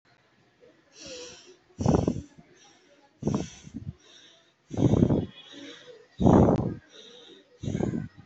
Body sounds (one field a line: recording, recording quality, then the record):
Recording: shallow breathing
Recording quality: excellent, no background noise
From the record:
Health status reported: healthy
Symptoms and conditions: asthma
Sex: male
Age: 31 years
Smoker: not ticked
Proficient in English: yes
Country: India